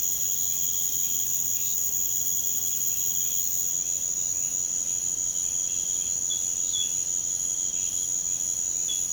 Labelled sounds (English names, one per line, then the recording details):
none
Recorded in pastures near Puerto Asís, Putumayo, Colombia, on 22 June 2025 at 04:30
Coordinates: 0.472, -76.331
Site G095